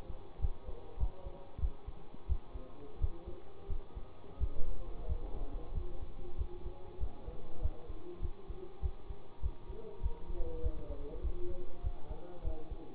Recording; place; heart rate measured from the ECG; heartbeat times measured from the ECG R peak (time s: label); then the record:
heart sounds by stethoscope; between the tricuspid and mitral areas; 95 bpm
0.40 s: heartbeat
0.99 s: heartbeat
1.60 s: heartbeat
2.27 s: heartbeat
3.00 s: heartbeat
3.68 s: heartbeat
4.39 s: heartbeat
5.07 s: heartbeat
5.73 s: heartbeat
6.36 s: heartbeat
6.99 s: heartbeat
7.61 s: heartbeat
8.21 s: heartbeat
8.81 s: heartbeat
9.41 s: heartbeat
10.01 s: heartbeat
10.62 s: heartbeat
11.22 s: heartbeat
11.82 s: heartbeat
12.43 s: heartbeat
From the record:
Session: bicycle stress test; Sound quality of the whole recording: good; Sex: male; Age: 24 years